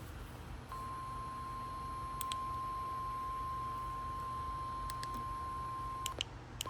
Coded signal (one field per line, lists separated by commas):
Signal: Emergency Alert System (SAME) tones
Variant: 1050 Hz attention tone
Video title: Severe Thunderstorm Warning (EAS 103)